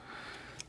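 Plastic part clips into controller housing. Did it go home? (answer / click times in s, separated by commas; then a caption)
yes / 0.6 s. Small clips on top of a plastic part are pressed into a modern GameCube controller housing made for PC use. Over a steady low hiss, one short, sharp plastic click sounds at 0.6 s. The clips seat, and the part is held in place.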